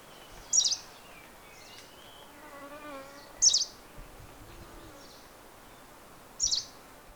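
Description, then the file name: Green warbler calls: three sharp, high, slurred notes spaced about three seconds apart, with soft lower wavering whistles from other birds between them. Horton Plains, 4 December 2011. "Green-Warbler-Horton-Plains-04 Dec 2011"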